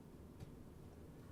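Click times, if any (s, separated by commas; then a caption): none. A SATA power connector is being pushed onto a hard drive while checking whether the cable reaches. Over a low steady rumble, one faint brief tick is heard around 0.4 s. Nothing has seated or clicked yet.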